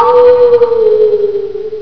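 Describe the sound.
Wolf howl: one long, steady tonal note that sags slightly in pitch as it is held, with faint higher overtones above it.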